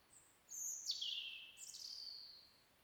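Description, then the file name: European robin song: very high, thin notes swooping downward, then a second shimmering high phrase trailing off. "Erithacus rubecula"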